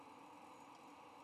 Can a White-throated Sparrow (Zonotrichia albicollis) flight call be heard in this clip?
no